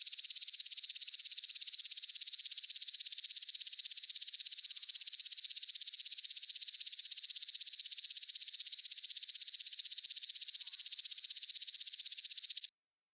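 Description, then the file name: Meadow grasshopper producing a high, dry, buzzing stridulation of many rapid pulses, running steadily and ending abruptly. "niittyheinasirkka"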